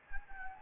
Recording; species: mosquito wingbeat signal from an infrared sensor; Anopheles gambiae